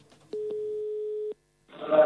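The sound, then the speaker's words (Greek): A steady, mid-pitched telephone line tone hums for about a second, marked by soft clicks at its start and end, then cuts off; after a brief silence, a louder rush of sound begins as the call reaches the answering machine of Hotel Triton, a hotel in Piraeus, Greece. “Μας είπανε να πάρουμε και τηλέφωνο.”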